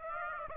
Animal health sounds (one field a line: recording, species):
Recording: mosquito wingbeat signal from an infrared sensor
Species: Aedes aegypti